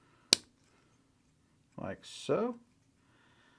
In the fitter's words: snaps right in